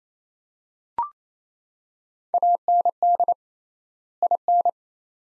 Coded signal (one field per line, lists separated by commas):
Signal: Morse code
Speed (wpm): 28 wpm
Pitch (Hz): 700 Hz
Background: none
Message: AND IN